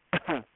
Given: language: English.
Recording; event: throat vibration sensor signal played as sound; cough